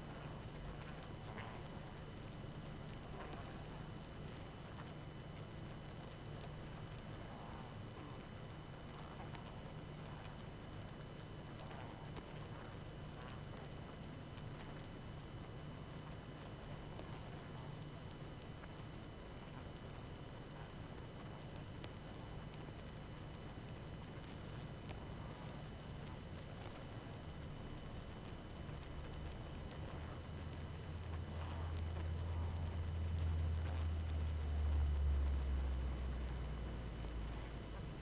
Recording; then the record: honeybee colony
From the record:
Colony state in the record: active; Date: 12 June 2018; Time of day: 20:01